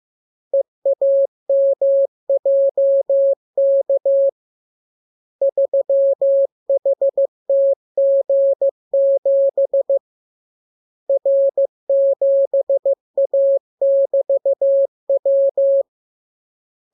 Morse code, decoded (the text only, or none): EAMJK 3HTG7 R7A<BT>W